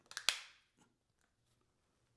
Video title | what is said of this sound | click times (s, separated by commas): Boston Landmark in 3D: Printing the Old State House | You'll hear everything start to snap in. | 0.3 s